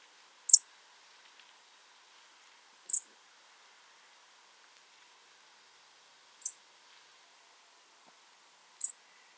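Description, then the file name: European robin calls: four short, very high, thin notes, each a sharp brief tick, spaced a few seconds apart over a quiet background. "Erithacus rubecula"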